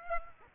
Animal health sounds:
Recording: mosquito wingbeat signal from an infrared sensor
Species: Aedes aegypti

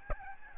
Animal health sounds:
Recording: mosquito wingbeat signal from an infrared sensor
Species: Aedes albopictus

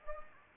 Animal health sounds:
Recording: mosquito wingbeat signal from an infrared sensor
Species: Anopheles gambiae

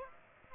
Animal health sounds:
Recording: mosquito wingbeat signal from an infrared sensor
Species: Aedes aegypti

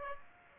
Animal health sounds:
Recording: mosquito wingbeat signal from an infrared sensor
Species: Aedes aegypti

